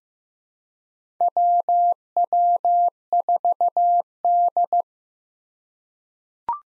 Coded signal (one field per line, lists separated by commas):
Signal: Morse code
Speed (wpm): 15 wpm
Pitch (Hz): 700 Hz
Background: none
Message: WW4D